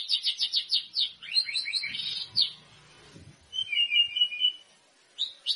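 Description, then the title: White-rumped shama song: fast high trilled notes at first, then a chattering run and a thinner warbled trill, with a brief low rumble in the middle. Meant to make the bird sing vigorously and respond at once. "PANCINGAN MURAI BATU GACOR"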